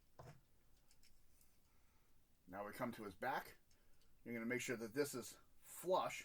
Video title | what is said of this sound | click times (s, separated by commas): Transformers Legacy/Evolutions 2 Pack 2023 War Dawn "Dion & Erial" Featuring Dion only | rotates up and locks into place. | 0.2 s